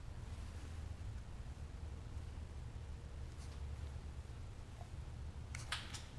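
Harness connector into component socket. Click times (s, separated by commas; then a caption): 5.5 s, 5.7 s. A harness connector is pushed back into a component socket during an engine swap on a 2013–2019 BRZ, FR-S or 86, reseated on a retry after an earlier attempt raised concern. Over a steady low hum, two sharp clicks ring out at 5.6 s and 5.7 s. The connector seats with a confirmed click this time.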